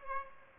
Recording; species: mosquito wingbeat signal from an infrared sensor; Aedes aegypti